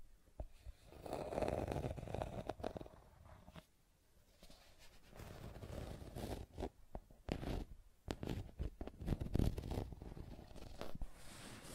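Scratching and tracing sounds with uneven rubbing strokes, a long low swell near two seconds, then quicker irregular scrapes and sharp ticks later.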